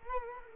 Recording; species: mosquito wingbeat signal from an infrared sensor; Culex quinquefasciatus